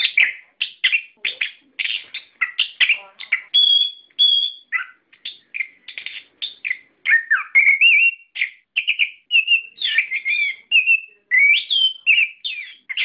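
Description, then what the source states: Songbird song: rapid, varied chatter mixed with clear whistled notes, some rising and some falling, delivered in a continuous, energetic stream. Song-training sound for caged songbirds.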